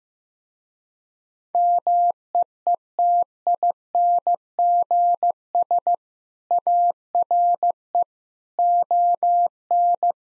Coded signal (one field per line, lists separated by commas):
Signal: Morse code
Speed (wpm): 16 wpm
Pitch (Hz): 700 Hz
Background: none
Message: MEETINGS ARE ON